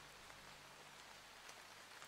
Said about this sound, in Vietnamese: Tiếng cô từ xa vang lại, hòa với tiếng nước mưa róc rách, nghe âm u não nề.